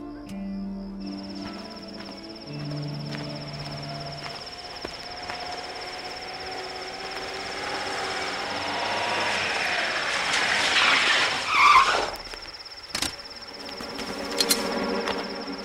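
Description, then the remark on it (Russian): A police car's engine climbs in pitch and grows steadily louder as it chases down two people, then a harsh, brief skid as it halts, followed by a couple of sharp knocks over a steady high whine. “Володю с Наташей догоняет милицейская машина.”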